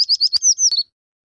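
American Tree Sparrow: a quick song of four high, sweet notes, then longer descending slurred notes and two short closing notes.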